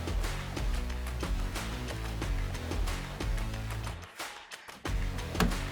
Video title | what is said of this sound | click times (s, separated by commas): Bambu Lab X1 Carbon Printer - Tools of the Trade - Man at Arms | that was a satisfying click so we're going to power this thing up calibrate it | 5.4 s